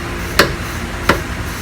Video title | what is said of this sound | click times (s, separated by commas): How to Replace the Rear Wheel Bearings on a 2006 Honda CR-V | so when torquing the bolts down you don't want to jerk the torque wrench you just want a even steady pressure until it clicks | 0.4 s, 1.1 s